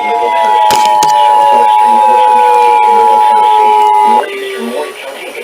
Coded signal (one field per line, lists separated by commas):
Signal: Emergency Alert System (SAME) tones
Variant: 853 and 960 Hz attention tone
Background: speech